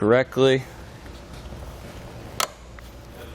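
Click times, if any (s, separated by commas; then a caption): 2.4 s. Someone talks briefly as the lever of a Bestop Trektop NX Glide soft top on a 2014 Jeep Wrangler is slid into its slot on the frame and worked until the latch finds the hole. A sharp snap at 2.4 s marks the latch seating into place.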